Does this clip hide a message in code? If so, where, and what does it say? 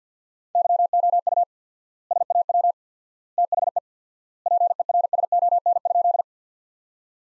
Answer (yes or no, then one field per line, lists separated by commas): yes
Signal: Morse code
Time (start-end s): 0.6-6.2 s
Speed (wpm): 50 wpm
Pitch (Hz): 700 Hz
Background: none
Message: YOU SAW THE PERSON?